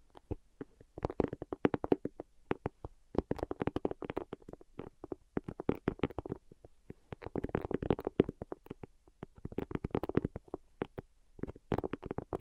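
Quick tapping on a hard surface runs through the whole clip in dense, irregular bursts of sharp clicks, each flurry lasting a second or two before a brief pause. The taps sound hollow and mid-toned with crisp tops, over a faint low hum.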